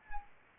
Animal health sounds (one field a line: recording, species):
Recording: mosquito wingbeat signal from an infrared sensor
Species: Anopheles arabiensis